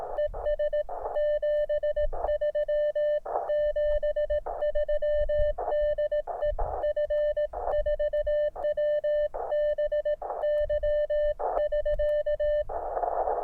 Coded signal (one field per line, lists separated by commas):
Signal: Morse code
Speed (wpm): 18 wpm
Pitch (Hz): 600 Hz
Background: none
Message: ES 73 73 DE F4WBY <SK>